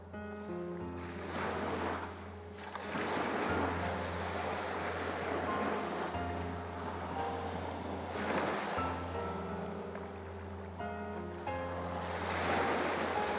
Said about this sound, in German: Nachdem ich den Motor abgeschaltet habe, verliert mein Boot schnell an Fahrt. Der Bug senkt sich ins Wasser und ich höre auf einmal das sanfte Plätschern der Wellen gegen den Rumpf.